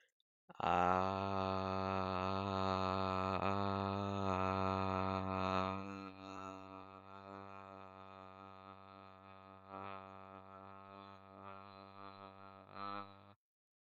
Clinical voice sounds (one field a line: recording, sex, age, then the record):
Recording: vowel held as long as possible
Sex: male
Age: 18 to 19 years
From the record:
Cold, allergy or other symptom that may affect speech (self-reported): no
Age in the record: 18 years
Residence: Illinois, United States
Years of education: 12